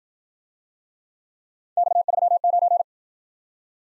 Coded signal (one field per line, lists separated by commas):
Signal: Morse code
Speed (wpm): 51 wpm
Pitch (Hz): 700 Hz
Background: none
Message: X39